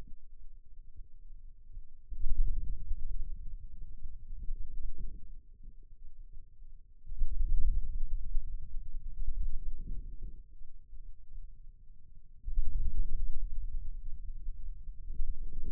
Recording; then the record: forearm muscle sounds (acoustic myography)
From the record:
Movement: wrist flexion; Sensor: system 2, bracelet of six BSWA MPA416 microphones around the upper forearm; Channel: 6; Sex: male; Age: 22 years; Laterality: right